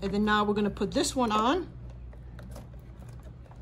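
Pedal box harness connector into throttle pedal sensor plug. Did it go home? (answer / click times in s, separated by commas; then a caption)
yes / 2.4 s. Someone talks, then the plastic pedal-box harness connector for a Can-Am Ryker and Spyder is pushed onto the throttle pedal sensor plug. It snaps in with a sharp click at 2.4 s and is seated.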